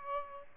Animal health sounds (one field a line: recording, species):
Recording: mosquito wingbeat signal from an infrared sensor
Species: Aedes albopictus